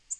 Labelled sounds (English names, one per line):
Black-throated Green Warbler flight call